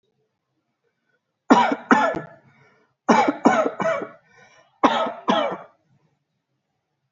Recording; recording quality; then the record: heavy voluntary cough; excellent, no background noise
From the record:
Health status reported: healthy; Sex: male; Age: 35 years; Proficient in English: yes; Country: India